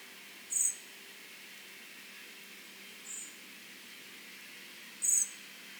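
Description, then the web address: Common blackbird giving high, thin call notes: a clear one, a faint one midway, then another clear one. "SETE data Turdus merula"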